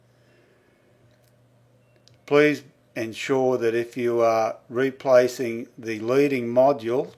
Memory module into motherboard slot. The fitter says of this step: the middle and or either end and the clips will pop into place